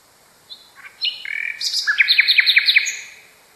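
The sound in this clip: Nightingale song: a few scattered whistled notes, then a rich phrase leading into a fast, loud series of repeated sharp notes.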